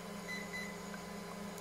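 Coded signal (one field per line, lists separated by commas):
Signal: beep code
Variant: Hobbywing ESC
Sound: two short high beeps, the second slightly longer, over a steady electrical hum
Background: electrical hum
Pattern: 2 short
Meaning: Two beeps confirm the forward throttle position is set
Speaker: okay it's set now so you will hear two beeps that means it's set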